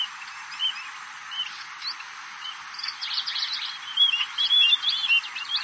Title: Erythrura Psittacea